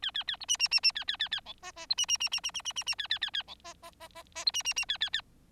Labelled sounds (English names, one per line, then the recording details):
Bengalese Finch song
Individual Bird4